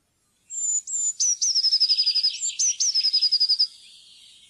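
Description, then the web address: Eurasian blue tit singing two phrases, each of one to three high sliding whistles leading into a quick tinkling trill. "fuglelyder- blaameis"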